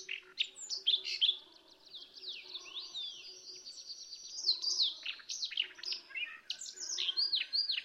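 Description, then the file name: Siberian rubythroat singing a long, continuous, hurried medley of high chirps, slurs and twittering notes, with a faint low hum in the background. Song variation. "suara siberian rubythroat variasi"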